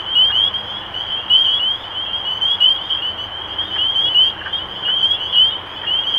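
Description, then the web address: Spring peeper chorus, many high, sharp rising peeps overlapping steadily. Recorded 23 March 2012. "rob animals Peepers-2012-0323"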